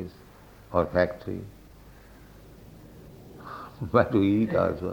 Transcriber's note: chuckles